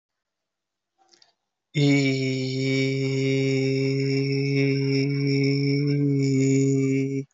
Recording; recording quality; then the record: sustained vowel as in beet; excellent, no background noise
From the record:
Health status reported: healthy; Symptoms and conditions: none ticked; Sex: male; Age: 21 years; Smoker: not ticked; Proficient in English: yes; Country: India